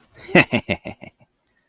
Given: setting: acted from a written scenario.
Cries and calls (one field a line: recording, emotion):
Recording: vocal sound without words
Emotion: contempt